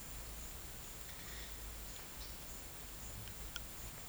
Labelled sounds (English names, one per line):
none